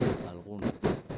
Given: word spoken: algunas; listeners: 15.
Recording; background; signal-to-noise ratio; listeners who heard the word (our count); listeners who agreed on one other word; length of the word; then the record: one Spanish word in noise, from a listening test; noise modulated by one talker; -10.5 dB; 3 of 15; 11 of 15; 0.79 s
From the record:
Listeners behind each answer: 11, 3, 1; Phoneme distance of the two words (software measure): 10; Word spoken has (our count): 3 syllables, 7 phonemes, stress on syllable 2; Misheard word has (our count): 3 syllables, 7 phonemes, stress on syllable 2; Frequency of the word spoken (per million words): 276.76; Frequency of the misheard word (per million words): 498.87